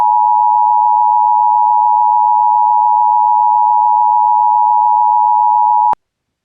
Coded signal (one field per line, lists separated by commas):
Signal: Emergency Alert System (SAME) tones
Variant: 853 and 960 Hz attention tone